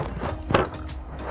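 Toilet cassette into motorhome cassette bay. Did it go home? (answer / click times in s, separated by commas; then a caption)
yes / 0.6 s. After being emptied and rinsed, a plastic toilet cassette is slid back into its compartment in a motorhome until it latches. A sharp, loud click lands at 0.5 s over a low background rumble, and the cassette is seated.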